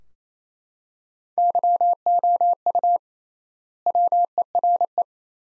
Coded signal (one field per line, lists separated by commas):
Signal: Morse code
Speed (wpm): 28 wpm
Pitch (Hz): 700 Hz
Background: none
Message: YOU WERE